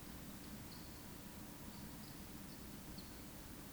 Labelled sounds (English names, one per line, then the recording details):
Eurasian Woodcock chase call
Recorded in Baden-Württemberg, Germany, on 14 May 2021 at 19:56 UTC
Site 25175, 602 m above sea level